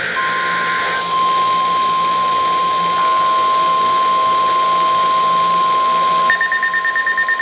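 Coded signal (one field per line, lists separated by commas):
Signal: Emergency Alert System (SAME) tones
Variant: 1050 Hz attention tone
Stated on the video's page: Required Weekly Test captured on weather radio stations WWF62, KIH34 and KWO37.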